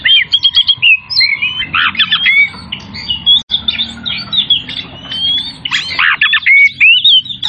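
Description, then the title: Oriental magpie-robin song with rising whistles, harsh squawky notes and chattering phrases, broken by a brief gap midway. Tretes type, singing vigorously (gacor). "Kacer Tretes Gacor"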